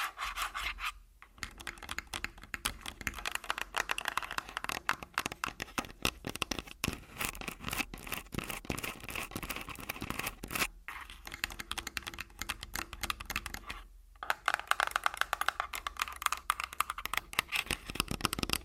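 Rapid tapping and scratching on a body, dense and fairly even, with quick clicks crowding together much like typing on a keyboard. Brief pauses break the flow near 1 second and again around 14 seconds. Some later stretches sound louder and brighter.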